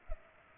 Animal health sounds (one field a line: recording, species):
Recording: mosquito wingbeat signal from an infrared sensor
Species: Culex pipiens